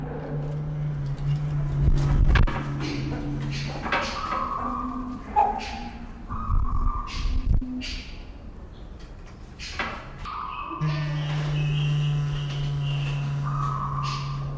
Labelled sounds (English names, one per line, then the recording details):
Victoria Crowned Pigeon call
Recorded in captivity
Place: Zoo Berlin, Berlin, DE
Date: 1992-07-25 10:55
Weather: sonnig (heiter - schwül), 23-26 °C
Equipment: Marantz CP 430, Sennheiser ME 80, Kopie Tesla B 116
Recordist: Tembrock, Günter